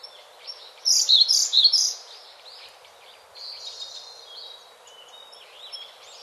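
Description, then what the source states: Siberian blue robin song: a loud, rapid, high trilled phrase of about one second early on, then softer whistles and chirps from other birds. Recorded 27 April 2008.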